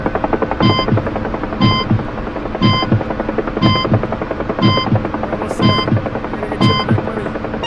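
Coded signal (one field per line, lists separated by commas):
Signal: none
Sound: video game warning beeps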